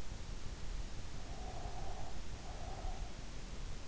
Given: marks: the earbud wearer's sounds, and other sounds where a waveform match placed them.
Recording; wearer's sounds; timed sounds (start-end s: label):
sounds in sleep by an in-ear microphone; breath
1.19-3.14 s: breath